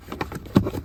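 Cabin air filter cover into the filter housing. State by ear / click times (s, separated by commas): not seated / none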